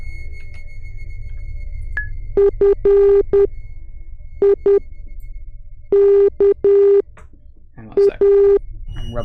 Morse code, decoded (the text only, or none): FIKA